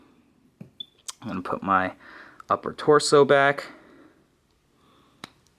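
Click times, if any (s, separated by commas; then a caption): 5.2 s. Someone talks while pushing the upper torso of a plastic Figma Gilgamesh (Archer) action figure back onto its peg joint in the lower body. A sharp click is heard at 5.2 s, showing the torso has seated and is set in place.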